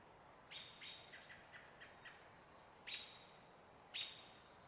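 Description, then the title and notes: American Robin calls, a quick run of sharp high chirps followed by two louder, clipped notes about a second apart. Evening calls, 12 May, still-water riparian area in the Cascade Mountains; evergreen forest, cottonwoods near water; robins active mornings and evenings, quiet mid-day; evening call slightly faster. "Evening At Trout Creek Campground. 12th of May. still-water riparian area. Cascade Mountains range"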